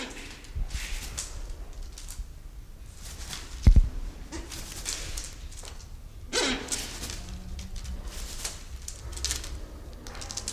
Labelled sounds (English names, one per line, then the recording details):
Silvery-cheeked Hornbill
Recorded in captivity
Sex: pair
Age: adult
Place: Zoo Berlin, Berlin, DE
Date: 1993-01-30
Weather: -6°C, sonnig
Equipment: Marantz CP 430, Sennheiser ME 80, Kopie Uher Variocord 263
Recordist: Tembrock, Günter